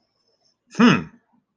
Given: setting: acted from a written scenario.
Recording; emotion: vocal sound without words; contempt